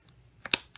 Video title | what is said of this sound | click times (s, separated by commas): MJX Bugs 16 Pro Is it better than F11 4K? | and it will lock into place | 0.5 s